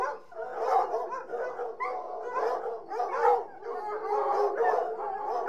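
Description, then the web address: Hunting hounds whining together, a dense overlapping chorus of wavering mid-pitched whines and yelps running continuously with no pause. A pack of about sixty hunting hounds whining. "BBC Sound Effects Library. Hunting Hounds"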